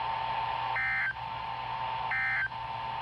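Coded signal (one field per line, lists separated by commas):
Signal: Emergency Alert System (SAME) tones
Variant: end-of-message bursts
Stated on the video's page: Required weekly test of the Southern Nevada Emergency Alert System.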